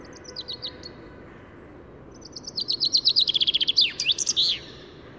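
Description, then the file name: Common chaffinch singing: a brief fragment of high notes, then a full phrase of rapid repeated notes descending in pitch and ending in an emphatic flourish. "Fringilla coelebs"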